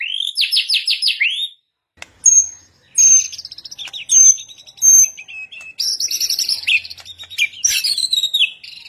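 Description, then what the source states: White-rumped shama song of rolling buzzy trills, high sharp whistles and rapid chattering notes in a continuous varied stream. Tutor song with full ngerol and nembak song styles.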